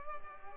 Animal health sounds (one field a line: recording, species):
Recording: mosquito wingbeat signal from an infrared sensor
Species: Culex pipiens